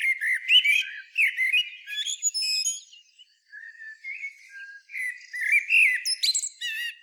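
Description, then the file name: Common blackbird song: mellow whistled phrases mixed with high squeaky twitters, a softer passage, then more loud fluted warbling. "Turdus merula"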